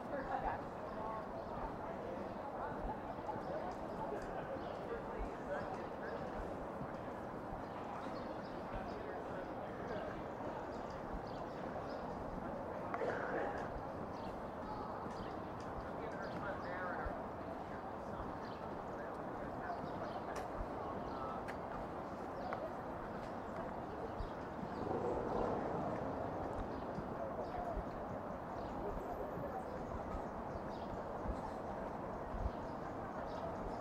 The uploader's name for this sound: Counterclockwise around the White House